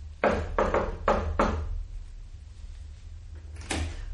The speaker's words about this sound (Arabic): أطلت عنائي يا بني، تركتني أدق الباب وتعلمين أنه لا يفتح.